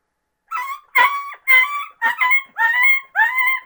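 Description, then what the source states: Coyote pup whimpering: several drawn-out, wavering whines in quick succession. Pup in distress.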